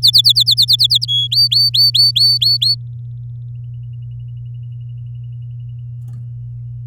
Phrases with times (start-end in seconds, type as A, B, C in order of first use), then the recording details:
0.02-1.05 A, 1.08-1.27 B, 1.31-2.75 C. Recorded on 11 May 2018 at 07:59. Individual llb16